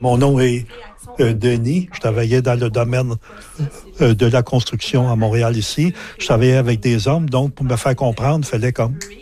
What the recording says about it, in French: Parce que quand que tu bégais, selon le type de bégaiement que tu peux avoir, ça peut arriver que ta phrase n'est pas finie, mais que tu as un blocage.